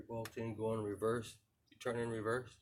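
A steel bolt is handled at an aluminum engine case thread during a cam swap from an EV13 to an Andrews EV27 on a 1994 Harley Davidson Softail Evolution, with the bolt being turned in reverse so the thread start can drop into place. Someone talks throughout the clip, and no distinct mechanical sound stands out. Nothing has clicked or seated yet.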